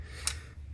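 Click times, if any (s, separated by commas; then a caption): 0.3 s. With the safety engaged, the trigger group retaining latch on an SKS rifle is pushed in. A sharp click is heard at 0.3 s, followed by a faint knock near the end. The metal trigger assembly pops out of the wooden stock.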